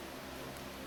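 A wiring harness electrical connector is being handled onto a direct-injection fuel injector during intake reassembly on a 9th-gen Impala's 3.6 LFX engine. Only a steady broadband hiss with a low hum is heard, with no sharp sounds. Nothing has seated or clicked yet.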